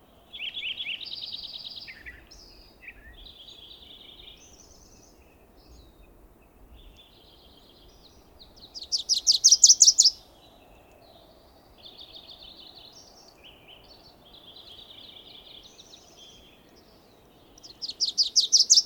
Wilson's Warbler song recorded at the Alluvial Fan in Rocky Mountain National Park.